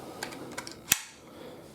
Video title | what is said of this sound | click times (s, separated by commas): Posse Slingbag | It's got a nice satisfying click when you pop it in. | 0.9 s